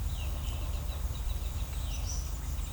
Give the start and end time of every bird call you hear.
0.07s-2.72s: bird call

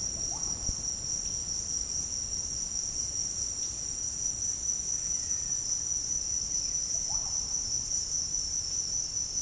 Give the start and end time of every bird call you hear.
0.07s-0.46s: bird call
5.06s-5.71s: bird call
6.76s-7.35s: bird call

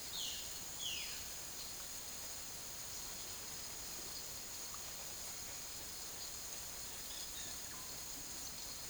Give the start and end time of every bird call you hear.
0.09s-1.17s: bird call

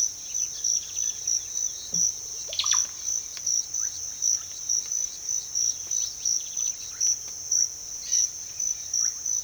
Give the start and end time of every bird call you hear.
0.00s-1.55s: bird call
2.48s-2.81s: bird call
5.96s-7.28s: bird call
7.98s-8.33s: bird call
9.00s-9.23s: bird call

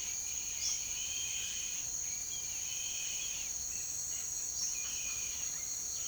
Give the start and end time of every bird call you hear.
0.00s-5.78s: bird call

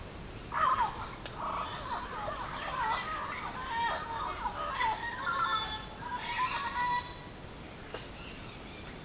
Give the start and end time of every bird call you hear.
0.44s-7.03s: bird call

